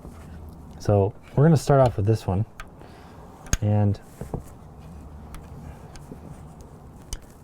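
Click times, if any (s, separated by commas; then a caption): 7.1 s. A wood-cutting blade is slid into the tool-free blade clamp of a Dewalt 20V Max DCS331B jigsaw while someone talks. Faint ticks follow at about 5.3 and 6.0 seconds, then a sharp click at 7.1 seconds as the blade locks into the clamp.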